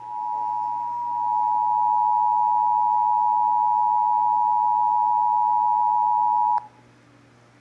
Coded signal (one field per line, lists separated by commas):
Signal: Emergency Alert System (SAME) tones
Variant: 853 and 960 Hz attention tone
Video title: (EAS #216-223) July 2022 Texas Required Monthly Test